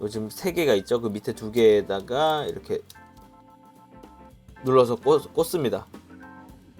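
A plastic fin funnel from a PG Unleashed Nu Gundam model kit is being handled and pressed toward its mount on the backpack while someone talks over background music with guitar. The talking pauses in the middle and resumes near the end, and nothing has seated or clicked yet.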